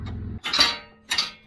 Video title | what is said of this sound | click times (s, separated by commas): Kubota BX Knob Adjustment Explained | and those lock into place i'll do that on the other side like | 1.1 s